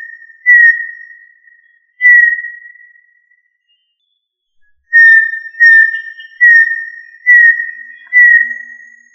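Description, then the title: Tinamou giving pure, steady whistled notes on one pitch, each with a fading tail; two spaced notes, a pause, then five in quick succession. "Familia Tinamidae - Quail - Puyuh"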